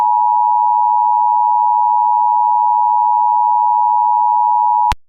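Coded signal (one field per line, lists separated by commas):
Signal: Emergency Alert System (SAME) tones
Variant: 853 and 960 Hz attention tone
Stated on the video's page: Mock EAS tornado warning for El Paso County with valid 1050 Hz and 3000 Hz tones, audio made in Audacity.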